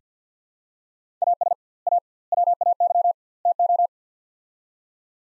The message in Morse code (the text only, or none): AS A WAY TO